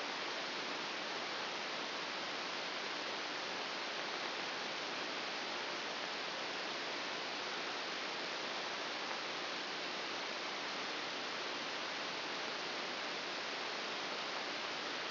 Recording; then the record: brain microelectrode recording played as sound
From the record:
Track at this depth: inside the subthalamic nucleus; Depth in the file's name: 1.205 mm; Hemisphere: right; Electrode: 2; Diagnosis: Parkinson's disease